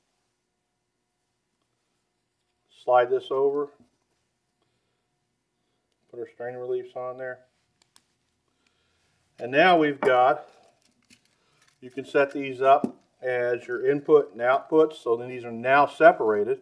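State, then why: Seated. A plastic strain relief is slid over a wire connector housing, whose crimped, wired contacts sit in its guides, and clipped on. Someone talks before and after, and two sharp small clicks at 7.8 and 8.0 seconds show the strain relief seating onto the connector.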